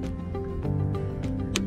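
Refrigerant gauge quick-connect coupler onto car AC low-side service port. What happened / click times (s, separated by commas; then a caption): The quick coupler latched onto the port / 1.6 s. A refrigerant gauge's quick-connect coupler is pushed firmly onto a car's low-side AC service port over steady background music with a few soft knocks. At 1.6 seconds a sharp, loud click sounds as the coupler latches and seats on the port.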